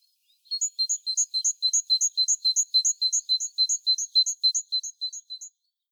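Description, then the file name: Great tit calling in rapid, even two-part notes, a high tone with a lower one, repeated about eighteen times over five seconds against a quiet background. "Parus major"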